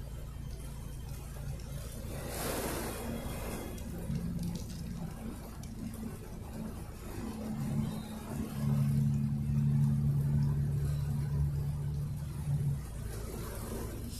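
A bus engine hums low and steady from inside the cabin, with a hiss swelling briefly around two seconds. From about eight seconds the motor grows louder and deeper, droning with a strained tone before easing off near thirteen seconds.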